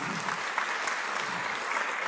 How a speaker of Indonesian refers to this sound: Luar biasa, tepuk tangan semua teman-teman.